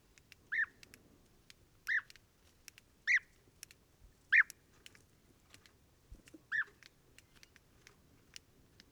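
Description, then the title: European bee-eater uttering rolled, liquid calls at intervals of one to two seconds, with faint ticking sounds between them. Pre-migration gathering at an evening roost in a very large acacia, recorded in the evening and at morning waking, Oasis Mayateg, Adrar, Mauritania, 22 February 2019, Tlp7 and MixPre 3. "Dortoir de Guêpier d'Europe - Mauritanie"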